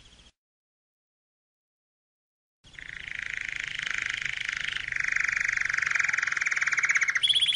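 Canary song after a short silence: sustained rapid buzzy trills in two pitch bands.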